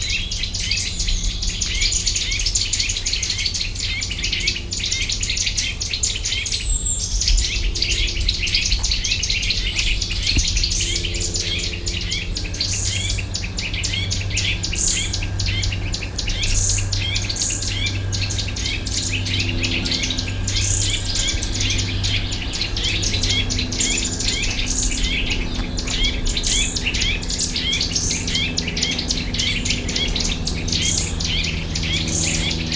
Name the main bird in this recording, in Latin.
Sitta europaea